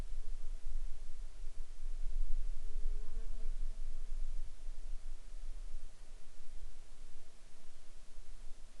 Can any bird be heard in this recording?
no